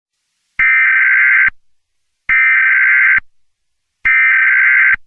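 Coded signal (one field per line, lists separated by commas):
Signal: Emergency Alert System (SAME) tones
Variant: header bursts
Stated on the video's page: EAS SAME tones in a fictional scenario.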